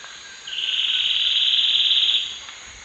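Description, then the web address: Chestnut-belted gnateater song: a single high, even, finely trilled note held for nearly two seconds, then fading out over a faint hiss. Male, eastern lowlands of South America. "Natures Songs S America Eastern Lowlands. Conopophaga aurita, song male"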